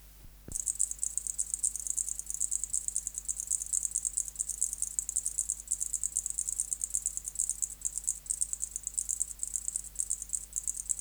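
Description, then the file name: Zichya bush-cricket song, a continuous high buzzing stridulation made of rapid pulse groups, running without pause after a brief click at the start, with a faint low hum underneath. "Zichya sp"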